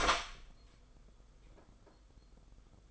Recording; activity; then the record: daily activity, microphone in the room; open door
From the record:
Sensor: 5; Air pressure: 990.5 hPa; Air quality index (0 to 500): 150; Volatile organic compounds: 158 ppm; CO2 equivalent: 4055 ppm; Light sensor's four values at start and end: 26/63/26/28 and 27/65/26/29